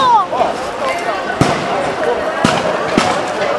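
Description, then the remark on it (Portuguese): Three sharp, cracking shots from rubber-bullet guns ring out at uneven intervals over a steady wash of crowd noise and murmuring voices in the parking lot of the Palácio das Araucárias. “Muito tiro de bala de borracha.”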